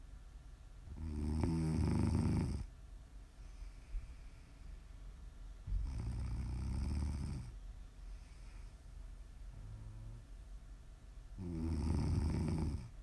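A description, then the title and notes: Heavy snoring comes in three long inhales, at about one, six and eleven seconds, each a deep rattling rumble lasting over a second. Softer, quieter exhales fill the gaps between them, and a faint steady hiss runs underneath throughout. Prime ASMR snoring.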